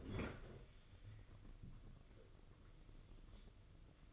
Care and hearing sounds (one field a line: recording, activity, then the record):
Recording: daily activity, microphone in the room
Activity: open fridge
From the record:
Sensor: 4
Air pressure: 995.3 hPa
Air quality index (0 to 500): 211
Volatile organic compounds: 224 ppm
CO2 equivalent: 4289 ppm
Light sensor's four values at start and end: 34/108/41/45 and 34/107/40/45